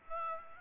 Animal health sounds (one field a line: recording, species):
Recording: mosquito wingbeat signal from an infrared sensor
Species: Aedes albopictus